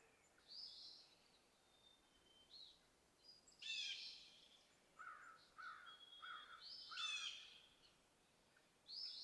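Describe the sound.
Yellow-bellied sapsucker calls: soft, harsh squealing notes with two louder nasal bursts and a short run of lower notes between them, against quiet background hiss.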